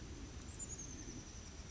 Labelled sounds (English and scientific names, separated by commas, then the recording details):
Oak Titmouse (Baeolophus inornatus)
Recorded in Sonoma County, California